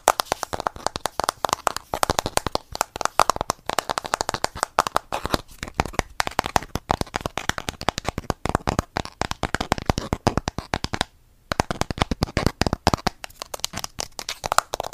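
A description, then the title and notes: Dense, fast ASMR tapping: many sharp, crisp taps pile on top of one another with almost no gaps, sounding a little like shuffled cards. The rapid clicking runs steadily across the whole stretch, broken only by one short pause a little past the eleven-second mark. Blue yeti microphone. Asmr tapping.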